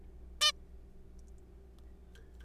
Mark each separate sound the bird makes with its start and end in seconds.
0.41-0.52